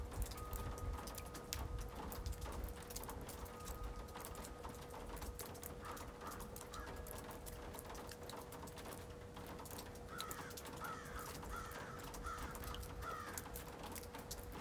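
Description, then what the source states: Crow cawing, a brief series of several harsh caws near the end, over steady ringing chime tones and dripping water. Recorded from a porch on March 8 amid dripping water and chimes in B flat.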